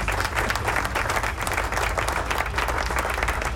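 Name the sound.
applause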